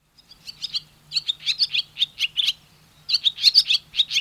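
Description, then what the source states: Barn swallow giving a short twittering phrase of bright, scratchy chirps in quick succession, a pause, then another burst of rapid notes, another pause, and a third burst. Motif song.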